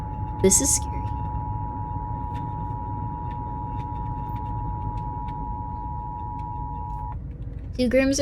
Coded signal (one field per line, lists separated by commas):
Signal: Emergency Alert System (SAME) tones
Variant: 853 and 960 Hz attention tone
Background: speech